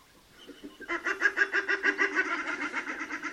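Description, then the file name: Common shelduck giving a fast, regular run of nasal, harsh calls, starting after a near-silent second and continuing steadily to the end. "Volpoca"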